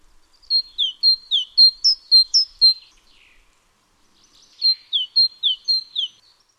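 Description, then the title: Great tit: ringing repeated two-part phrases, high then falling, in two bursts of about nine and six notes with a quiet gap between them. Nominate subspecies Parus major major. "G3latik b4t0. Great Tit (Parus major major)"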